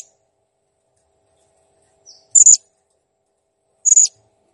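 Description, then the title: Blue-crowned hanging parrot calls: very high, thin, sharp notes, a faint short note then two clipped calls about a second and a half apart, otherwise silent. Master recording of a clear, actively calling bird, made for training cage birds. "Masteran Burung Serindit Ll Masteran Serindit Gacor Jernih"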